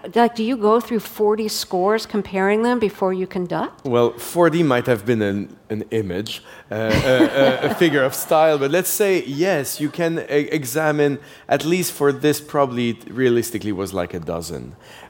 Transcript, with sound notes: Like, do you go through 40 scores, comparing them, before you conduct?
Well, 40 might have been an image...
(LAUGHTER)
...A figure of style. But let's say, yes, you can examine at least - for this probably, realistically, it was, like, a dozen.